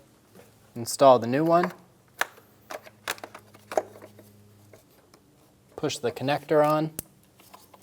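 Someone talks while a new ignition coil is installed on a 2013–2017 Honda Accord and the wiring harness connector is handled onto it, with sharp taps and light plastic handling sounds between about 2.2 and 3.8 seconds. The connector has not seated or clicked onto the coil yet.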